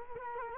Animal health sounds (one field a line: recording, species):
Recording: mosquito wingbeat signal from an infrared sensor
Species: Culex quinquefasciatus